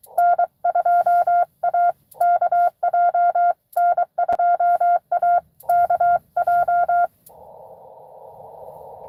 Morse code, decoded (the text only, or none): N2AKJ N2AKJ